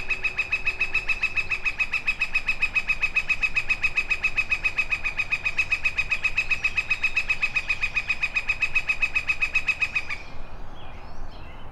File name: Ian Cruickshank - Bez tomshykly altynsu tukran Colaptes auratus